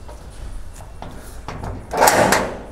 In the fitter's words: you hear that one click and then two clicks you always got to hear two clicks